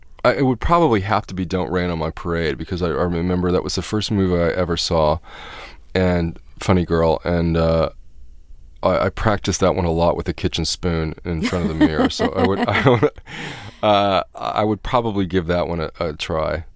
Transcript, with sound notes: It would probably have to be "Don't Rain on My Parade" because I remember that was the first movie I ever saw - and "Funny Girl" - and I practiced that one a lot with a kitchen spoon in front of the mirror. (Soundbite of laughter) So I would probably give that one a try.